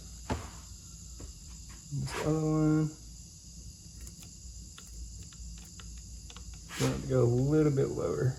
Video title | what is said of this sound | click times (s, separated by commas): Rebuilding a Honda 420 (top end) | Just gotta snap into place. | 0.3 s